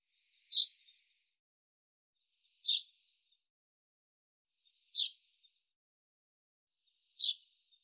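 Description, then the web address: Common chaffinch giving four crisp, high single call notes, roughly every two seconds, in an otherwise quiet background. "Deverinetal 2025 File cleaned normalized Bird Fr Co"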